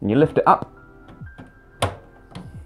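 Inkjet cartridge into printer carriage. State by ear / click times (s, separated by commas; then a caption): seated / 1.8 s. Someone talks while a plastic inkjet cartridge is inserted at an angle to the back of the carriage of an HP Officejet 3835 printer and then lifted up. It clicks into place at 1.8 s, followed by a fainter tap at 2.4 s. The cartridge ends up seated, sitting level with the other cartridge.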